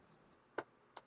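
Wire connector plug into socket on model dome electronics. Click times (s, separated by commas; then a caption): 0.6 s. A small plastic wire connector plug is pushed down into its mating socket on the dome wiring of a Fanhome Build Your Own R2-D2 model robot. It gives a sharp click at 0.6 s, followed by a fainter tick at about 1.0 s, against a quiet background. The plug is seated in the socket.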